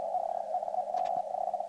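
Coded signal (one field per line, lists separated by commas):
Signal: Hellschreiber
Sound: a buzzy, rapidly chopped squeaky tone around 700 Hz, with brief clicks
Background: radio static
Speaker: And if you turn this on, you can hear sort of a squeaky little you know, sound coming out. This is what Hell Shriber sounds like.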